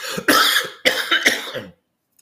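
Three harsh, forceful coughs in close succession from an adult with COVID-19, a painful cough that feels like the lungs are ripping apart, on inhaled budesonide treatment, with severe body aches over the last 5 days.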